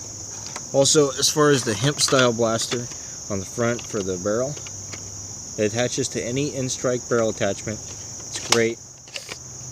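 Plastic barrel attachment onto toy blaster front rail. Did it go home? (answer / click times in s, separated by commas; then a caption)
yes / 9.2 s. Someone talks over a steady high-pitched whine while a plastic barrel attachment is fitted onto the front rail of a Nerf Modulus Tri-Strike toy blaster. The attachment clicks into place at 9.2 s, with a second smaller click just after, so that it won't shake loose.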